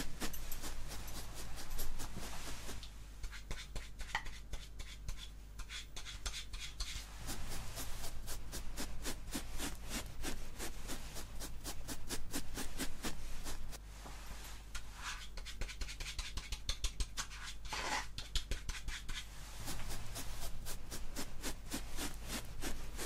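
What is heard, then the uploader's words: Hair salon sounds with a steady low hum underneath and dense, rapid clicking and rubbing textures throughout. Short bursts of brushing or snipping cluster around the middle and near the end, over continuous soft friction noises that rise and fall slightly in loudness. ASMR Hair Salon Experience Colour Cut & Styling Layered Sounds.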